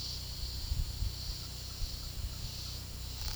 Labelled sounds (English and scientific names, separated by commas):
none